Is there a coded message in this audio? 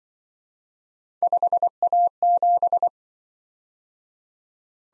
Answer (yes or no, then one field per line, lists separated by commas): yes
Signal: Morse code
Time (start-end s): 1.2-2.9 s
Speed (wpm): 24 wpm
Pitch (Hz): 700 Hz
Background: none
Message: 5A7